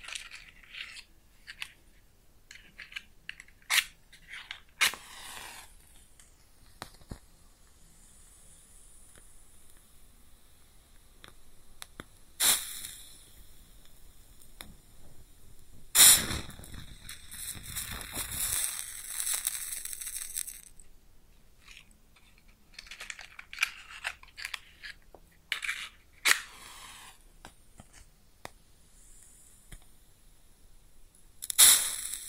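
Close-up matches being lit and put out: sharp scratchy flares of bright hiss burst out around 12, 16, 19, 26 and 32 seconds, some lasting a second or two. Between them, quiet stretches carry scattered small crackles, clicks and faint sizzling.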